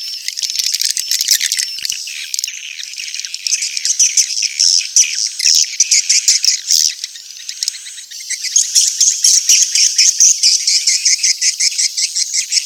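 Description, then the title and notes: Swiftlet calls, fast repeated high buzzy chirps in an almost unbroken stream. Swiftlet sound used in swiftlet farming in Asia. "Swiflet Bird Sound. Farming Swiflet Bird asia sound"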